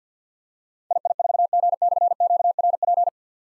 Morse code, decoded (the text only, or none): II4G/QRP